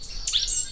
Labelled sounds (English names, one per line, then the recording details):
Stitchbird song
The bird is a male
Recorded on Tiritiri Matangi Island, New Zealand, in 2005
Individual 17, of nest box 25